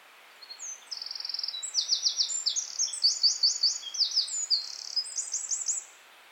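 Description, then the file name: Eurasian wren song, a loud, high, continuous outpouring of rapid trills and shrill notes, rattles repeated several times, lasting around five seconds before stopping. "Troglodytes troglodytes"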